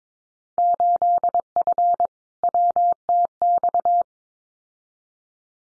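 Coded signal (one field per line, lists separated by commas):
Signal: Morse code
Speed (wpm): 22 wpm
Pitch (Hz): 700 Hz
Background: none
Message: 8F WTX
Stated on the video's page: Morse code Field Day exchange head-copy drill at 22 wpm, with randomly selected exchanges each sent, spoken, then sent again.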